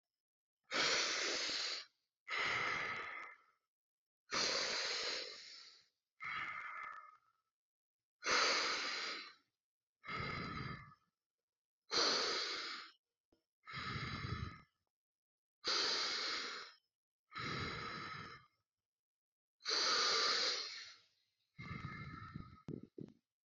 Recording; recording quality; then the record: deep breathing; excellent, no background noise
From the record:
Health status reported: respiratory illness, not identified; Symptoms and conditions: asthma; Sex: male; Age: 27 years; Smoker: not ticked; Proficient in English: yes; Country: India